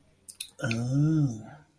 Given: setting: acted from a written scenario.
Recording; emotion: vocal sound without words; desire